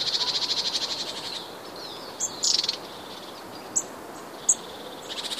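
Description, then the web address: Long-tailed tit calls, opening with a pulsing rattled trill, then a few high chips and a short burst, and a final rattling trill above low steady hiss. "wroblowe kolekcja raniuszek"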